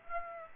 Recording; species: mosquito wingbeat signal from an infrared sensor; Aedes aegypti